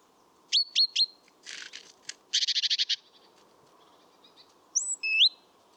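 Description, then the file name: Great tit calls: three sharp high notes, then a harsh buzzy churring rattle in pulsed bursts, followed by a pair of high slurred whistled notes. "Parus major"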